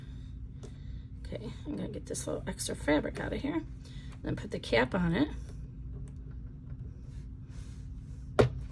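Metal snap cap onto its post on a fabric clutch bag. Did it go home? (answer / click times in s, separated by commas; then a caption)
yes / 8.4 s. Someone talks while trimming extra fabric and then pressing a metal snap cap onto its post on a fabric and vinyl clutch bag. A sharp snap at 8.4 s marks the cap pressing home and seating, like setting a rivet.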